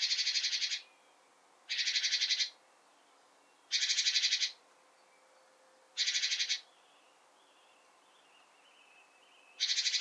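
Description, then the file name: Great tit harsh buzzy calls: five rasping bursts, each under a second long, separated by pauses of a second or more. "Parus major"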